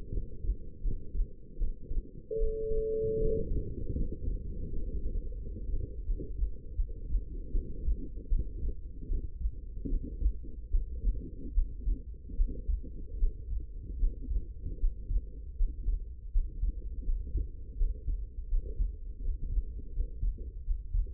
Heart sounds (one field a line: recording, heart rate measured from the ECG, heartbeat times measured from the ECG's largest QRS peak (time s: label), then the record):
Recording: heart sounds by stethoscope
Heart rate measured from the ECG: 79 bpm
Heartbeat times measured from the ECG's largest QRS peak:
0.11 s: heartbeat
0.82 s: heartbeat
1.57 s: heartbeat
2.38 s: heartbeat
3.18 s: heartbeat
3.95 s: heartbeat
4.69 s: heartbeat
5.37 s: heartbeat
6.05 s: heartbeat
6.76 s: heartbeat
7.51 s: heartbeat
8.29 s: heartbeat
9.08 s: heartbeat
9.88 s: heartbeat
10.70 s: heartbeat
11.54 s: heartbeat
12.36 s: heartbeat
13.19 s: heartbeat
13.99 s: heartbeat
14.79 s: heartbeat
15.57 s: heartbeat
16.32 s: heartbeat
17.04 s: heartbeat
17.77 s: heartbeat
18.49 s: heartbeat
19.22 s: heartbeat
19.93 s: heartbeat
20.64 s: heartbeat
From the record:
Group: healthy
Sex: female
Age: 19 years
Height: 163 cm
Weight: 51 kg